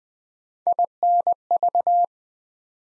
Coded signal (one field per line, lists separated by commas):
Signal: Morse code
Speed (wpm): 20 wpm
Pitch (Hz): 700 Hz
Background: none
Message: INV